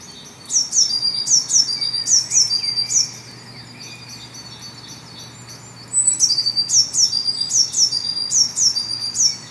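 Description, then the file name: Eurasian blue tit calls: two bursts of high, thin, downslurred notes repeated rapidly, several notes each, separated by a few seconds of quiet. "Cyanistes caeruleus"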